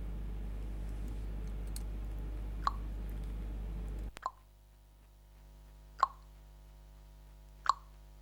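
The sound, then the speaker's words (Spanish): Water drops fall one at a time, each landing with a short, resonant plink, four drips spaced a second or two apart. A low steady hum sits under the first half, then quiet. “Esa gota, solo esa gota que cae, diminuta, vaya a saber uno de dónde.”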